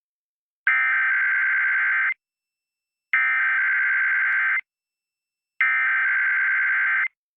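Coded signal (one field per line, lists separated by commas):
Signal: Emergency Alert System (SAME) tones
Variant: header bursts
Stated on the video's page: Required monthly tests for San Francisco Bay Area on KCBS-AM and San Joaquin Valley on KMJ-AM, with most of the message cut out.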